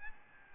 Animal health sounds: mosquito wingbeat signal from an infrared sensor; Aedes albopictus

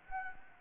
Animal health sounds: mosquito wingbeat signal from an infrared sensor; Anopheles gambiae

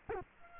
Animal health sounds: mosquito wingbeat signal from an infrared sensor; Culex quinquefasciatus

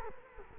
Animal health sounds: mosquito wingbeat signal from an infrared sensor; Culex quinquefasciatus

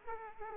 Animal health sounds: mosquito wingbeat signal from an infrared sensor; Aedes aegypti

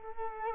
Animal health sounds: mosquito wingbeat signal from an infrared sensor; Culex quinquefasciatus

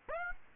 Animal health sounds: mosquito wingbeat signal from an infrared sensor; Aedes aegypti

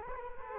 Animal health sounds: mosquito wingbeat signal from an infrared sensor; Culex quinquefasciatus

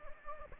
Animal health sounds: mosquito wingbeat signal from an infrared sensor; Anopheles gambiae

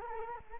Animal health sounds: mosquito wingbeat signal from an infrared sensor; Culex quinquefasciatus

